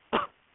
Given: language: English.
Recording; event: throat vibration sensor signal played as sound; cough